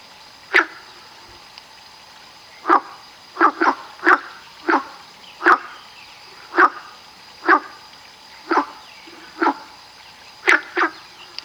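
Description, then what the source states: Frog croaks, short harsh bursts repeated irregularly about once a second, some in quick pairs, over a steady faint hiss. Recorded on 22 June 2019.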